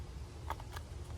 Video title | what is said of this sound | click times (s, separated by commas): Installing Carbon Fiber Mirror Caps and Sequential Turn Signals for the A3!!! - 05 | here click maybe no yep there's a click look | 0.5 s